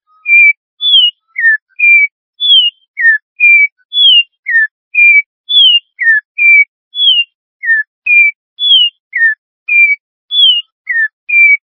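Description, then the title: Bird song of clear whistled notes, some falling and some level, in a short three-note phrase repeated steadily. "LuckyPassaros CompletosSama"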